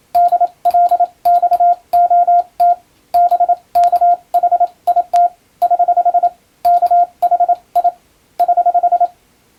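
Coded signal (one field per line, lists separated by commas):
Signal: Morse code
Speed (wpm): 27 wpm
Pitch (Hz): 700 Hz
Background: radio noise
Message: DLXOT BKHIT <HH> KHI <HH>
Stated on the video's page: Morse receiving practice in international (European) CW sent with an electronic keyer, using a telegram practice book.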